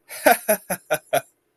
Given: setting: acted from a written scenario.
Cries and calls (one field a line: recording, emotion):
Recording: vocal sound without words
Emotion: amusement